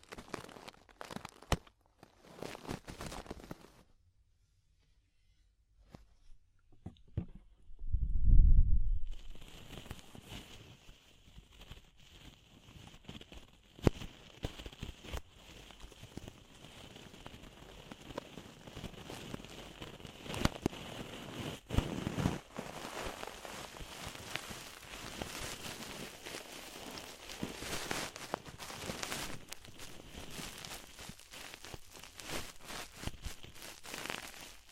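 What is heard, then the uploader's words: Deep ear cleaning: a few soft clicks open, then near silence until a dull low thump around eight seconds. After that, dense crackling and scratching rubs on steadily to the end, with a faint high whine beneath and sharper crackles every few seconds. DEEP Ear Penetrating Cleaning.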